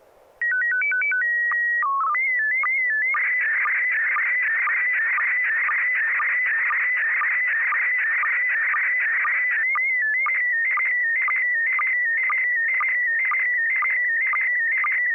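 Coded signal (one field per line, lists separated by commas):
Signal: SSTV (slow-scan television)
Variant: PD 120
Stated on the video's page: SSTV images exchanged on a weekly amateur net via an FM repeater on 441.300 MHz in Sacramento, sent with MMSSTV software.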